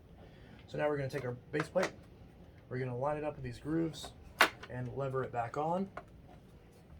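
Someone talks while lining up the plastic base plate of a Bissell/Singer upright vacuum (model 3510) with the grooves on the vacuum's underside and starting to lever it back on. Only speech is heard in this clip, with no clicks. Nothing has seated or clicked into place yet.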